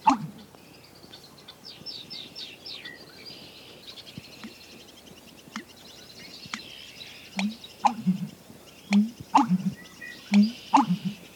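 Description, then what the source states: American Bittern pumping song, low throaty gulps with sharp knocking second syllables repeated in a short series; other birds trill and chirp softly in the background. Made as he gulps and expels air; sounds like wonk-a-chunk, like an old-fashioned pump; second syllable percussive, likened to driving a stake.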